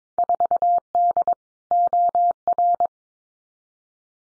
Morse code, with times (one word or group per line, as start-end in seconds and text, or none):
0.2-1.3 4D
1.7-2.9 OR